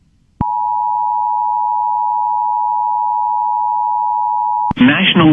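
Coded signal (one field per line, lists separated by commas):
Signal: Emergency Alert System (SAME) tones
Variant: 853 and 960 Hz attention tone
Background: speech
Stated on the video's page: Tornado emergency and warning alerts from the NWS offices in Little Rock and Memphis, recorded from a NOAA Weather Radio station and an IP stream.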